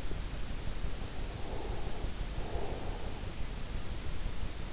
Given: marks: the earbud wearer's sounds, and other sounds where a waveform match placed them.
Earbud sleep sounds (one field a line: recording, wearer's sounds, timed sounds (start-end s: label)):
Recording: sounds in sleep by an in-ear microphone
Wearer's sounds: breath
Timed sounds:
0.20-4.03 s: breath